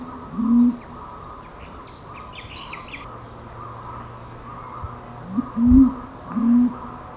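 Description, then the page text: Mountain imperial pigeon uttering deep, low coos, one early then two more near the end, while faint high chirps from other birds and a steady hum continue. "Mountain Imperial Pigeon. Quick Sounds"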